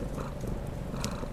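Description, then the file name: Domestic cat purring, a steady low rumble held throughout with no clear meow, over a faint hiss. Domestic cat meowing contentedly, purring and being affectionate. "Koshka dovolno myaukaet murlychet i laskaetsya"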